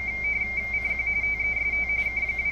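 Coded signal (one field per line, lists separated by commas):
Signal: RTTY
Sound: rapid warbling between two close high tones, continuous burbling teleprinter chatter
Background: radio static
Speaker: CQ tests K2 XA okay so that is working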